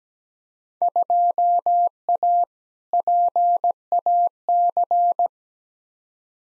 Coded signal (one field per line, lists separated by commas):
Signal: Morse code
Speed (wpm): 17 wpm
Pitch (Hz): 700 Hz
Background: none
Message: 2A PAC